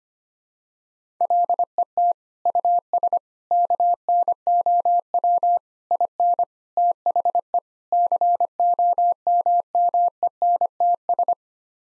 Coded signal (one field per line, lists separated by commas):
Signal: Morse code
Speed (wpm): 25 wpm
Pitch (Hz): 700 Hz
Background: none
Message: LET US KNOW IN THE COMMENTS